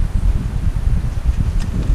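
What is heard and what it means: The folding handle of a stainless steel camping skillet is handled before its slider is pushed forward to lock it, heard as steady low rumbling and rustling noise. Nothing has seated or clicked yet.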